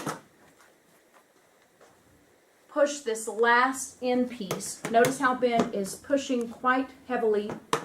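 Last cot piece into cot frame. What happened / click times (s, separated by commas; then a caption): The part is being pushed but has not yet snapped into place / none. The last piece of a folding cot is being pushed into the cot frame with heavy force. Quiet handling noise and a soft knock near 1.8 s come first, then someone talks through the rest of the clip. Nothing has seated or clicked yet.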